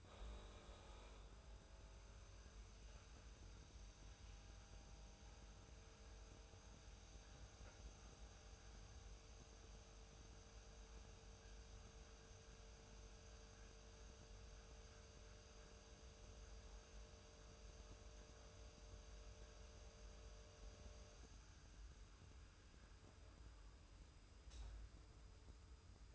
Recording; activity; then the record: daily activity, microphone in the room; make coffee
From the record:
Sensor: 2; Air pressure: 990.7 hPa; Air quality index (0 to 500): 161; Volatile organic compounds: 726 ppm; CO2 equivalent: 5066 ppm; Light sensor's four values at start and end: 23/53/22/22 and 23/53/22/22